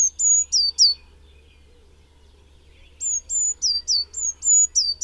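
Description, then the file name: Eurasian Blue Tit calls, very high thin notes alternating a flat whistle and a quick falling note, a short burst, a pause, then a longer run of about four notes per second. "Cyanistes caeruleus"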